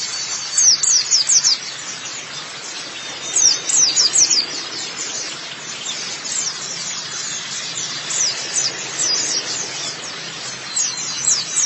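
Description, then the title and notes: White-eye song in a few brief, high twittering bursts of quick notes, with quieter chattering between and after them over a steady hiss. Chirping song. "Kicauan Burung Pleci Durasi Panjang. Suara kicauan burung pleci"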